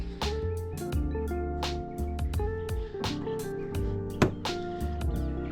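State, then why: Released. Over guitar music, the red locking pin is pushed out of the side marker wiring harness connector on a Dodge Challenger headlight housing and the plastic plug is popped off. The connector lock snaps open with a sharp click at 4.2 s, releasing the harness.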